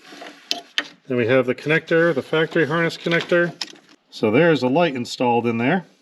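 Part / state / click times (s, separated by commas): wiring harness connector into headlight bulb connector / not seated / none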